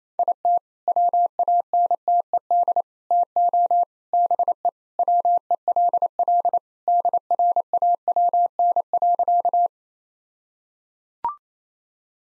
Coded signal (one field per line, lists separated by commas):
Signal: Morse code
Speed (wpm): 27 wpm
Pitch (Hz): 700 Hz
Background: none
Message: IT WANTED TO BE WELL DRAWN.